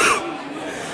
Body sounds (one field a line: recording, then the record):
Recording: coughing mixed with background sound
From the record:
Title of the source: 31 night wet cough